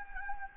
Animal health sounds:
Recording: mosquito wingbeat signal from an infrared sensor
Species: Anopheles gambiae

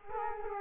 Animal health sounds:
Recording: mosquito wingbeat signal from an infrared sensor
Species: Culex quinquefasciatus

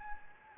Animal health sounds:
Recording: mosquito wingbeat signal from an infrared sensor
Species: Anopheles gambiae

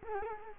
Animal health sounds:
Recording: mosquito wingbeat signal from an infrared sensor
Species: Culex quinquefasciatus

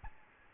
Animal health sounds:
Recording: mosquito wingbeat signal from an infrared sensor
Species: Aedes albopictus

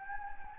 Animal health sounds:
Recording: mosquito wingbeat signal from an infrared sensor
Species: Anopheles gambiae

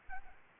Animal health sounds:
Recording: mosquito wingbeat signal from an infrared sensor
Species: Aedes albopictus

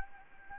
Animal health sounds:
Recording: mosquito wingbeat signal from an infrared sensor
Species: Anopheles gambiae

